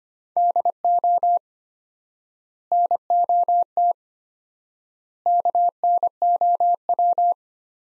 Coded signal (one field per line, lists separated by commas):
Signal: Morse code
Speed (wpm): 25 wpm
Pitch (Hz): 700 Hz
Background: none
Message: DO NOT KNOW